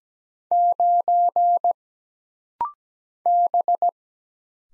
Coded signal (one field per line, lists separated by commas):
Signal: Morse code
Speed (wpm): 17 wpm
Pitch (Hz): 700 Hz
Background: none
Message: 9 B